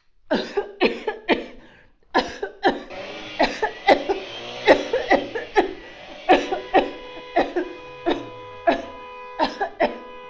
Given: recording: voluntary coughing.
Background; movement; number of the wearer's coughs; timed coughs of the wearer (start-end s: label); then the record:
traffic; sitting; 17
0.28-0.71 s: cough
0.79-1.25 s: cough
1.27-1.64 s: cough
2.13-2.55 s: cough
2.62-2.91 s: cough
3.37-3.75 s: cough
3.85-4.30 s: cough
4.64-5.04 s: cough
5.08-5.50 s: cough
5.54-5.83 s: cough
6.26-6.65 s: cough
6.71-6.97 s: cough
7.34-7.68 s: cough
8.04-8.30 s: cough
8.65-8.90 s: cough
9.37-9.69 s: cough
9.78-10.07 s: cough
From the record:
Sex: female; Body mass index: 21.8 kg/m2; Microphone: on the chest, facing outward